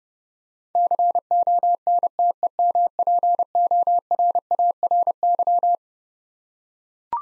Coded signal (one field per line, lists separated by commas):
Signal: Morse code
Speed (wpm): 32 wpm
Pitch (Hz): 700 Hz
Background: none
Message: CONTEMPORARY